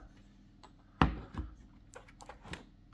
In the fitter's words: ensuite reste juste à remettre ici une petite pression c'est clipsé impeccable